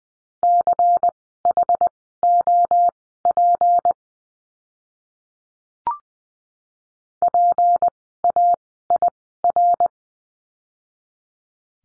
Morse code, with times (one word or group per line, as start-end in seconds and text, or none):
0.4-3.9 CHOP
7.2-9.9 PAIR